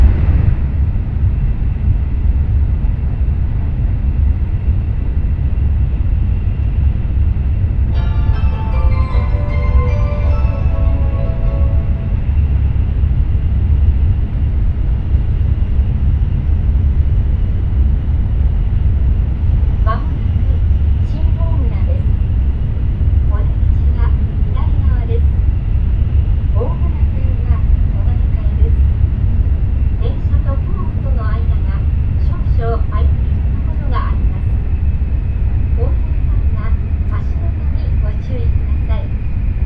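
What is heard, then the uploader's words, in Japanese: Inside a high-speed train in motion, a heavy, steady low rumble fills the whole recording at an even level. Around the eight-second mark a short chime melody rings out, and from about twenty seconds on, faint voices come and go over the rolling noise. 西九州新幹線かもめ25号武雄温泉→長崎。嬉野温泉駅は通過なので、停車駅は新大村、諫早、長崎の３つです。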